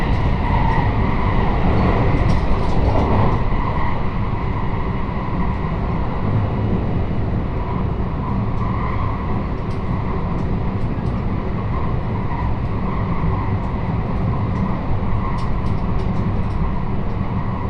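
A train ride on the Sanyo and Ako lines from Himeji toward Banshu-Ako: a dense, steady low rumble with a constant hum in the mids. Faint clicks and light rattles surface now and then, clustering around 2–3, 9–10 and 15–16 seconds.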